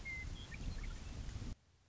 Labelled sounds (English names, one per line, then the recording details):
Western Meadowlark
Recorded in Sonoma County, California